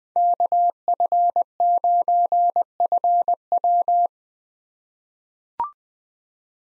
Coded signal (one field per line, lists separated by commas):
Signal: Morse code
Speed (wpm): 20 wpm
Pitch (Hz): 700 Hz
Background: none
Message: KF9FW